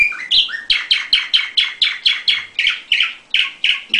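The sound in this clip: Canary song: a few varied notes, then a steady run of repeated downward-sweeping chirps, loud throughout.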